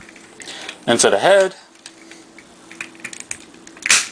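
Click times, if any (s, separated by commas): 3.9 s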